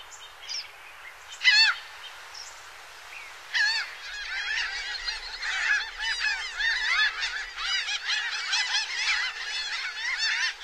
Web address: Songs of Birds of North America. Laughing Gull